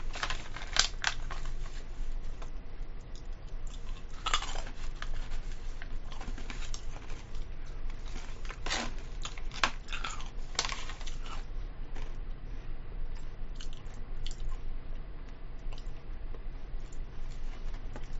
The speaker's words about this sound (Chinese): 我食嘢啊，俾聲打聽下先。如果好憎咀嚼嗰啲朋友都應該走咗啦。